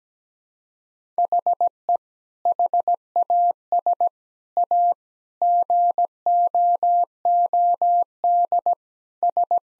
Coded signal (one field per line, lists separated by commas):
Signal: Morse code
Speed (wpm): 17 wpm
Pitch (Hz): 700 Hz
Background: none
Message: HE HAS A GOOD S